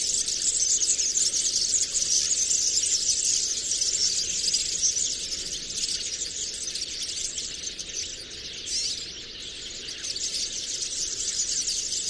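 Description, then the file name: European serin song, a dense high-pitched buzzy jingle of fast twittering notes, sustained throughout with a brief dip in loudness about three-quarters of the way through. Recorded on 22 January 2017 at Binsham. "Girlitz. Binsham. Susanne Rieck"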